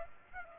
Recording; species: mosquito wingbeat signal from an infrared sensor; Aedes aegypti